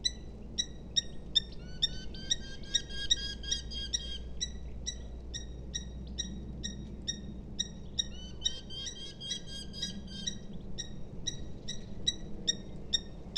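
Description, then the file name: Eurasian hobby calling: a long rapid series of sharp, ringing harmonic notes, with two denser chattering bursts midway, over low steady background rumble. "Alcotan europeo Falco subbuteo"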